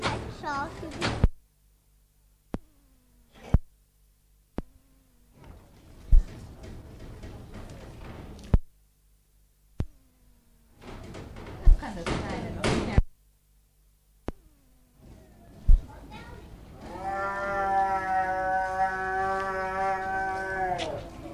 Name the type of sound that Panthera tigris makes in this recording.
call